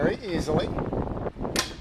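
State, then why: Not seated. A movable part of a Hobart meat band saw is swung or pushed back toward its locked position in the saw frame while someone talks, with metallic knocking and handling sounds and a sharp burst near 1.6 s. Nothing has seated or clicked into place yet.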